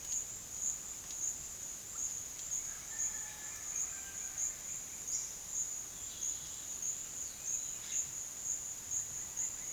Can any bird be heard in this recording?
yes